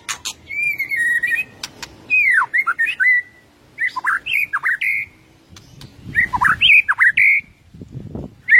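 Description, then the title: White-rumped shama song: short slurred whistles swooping up and down, with harsh squawky notes and brief pauses between phrases. Masteran (training) track; full ngerol and nembak song styles. "Masteran Murai Batu Full Ngerol Nembak"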